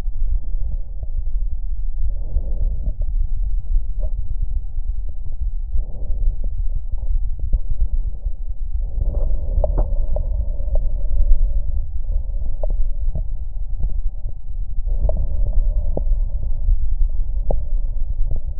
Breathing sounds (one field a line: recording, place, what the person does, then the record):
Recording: lung sounds by stethoscope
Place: left anterior apical chest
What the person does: quiet breathing, then deep breathing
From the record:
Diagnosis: asthma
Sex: female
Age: 77 years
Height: 160 cm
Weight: 68.7 kg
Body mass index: 26.6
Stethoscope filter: extended mode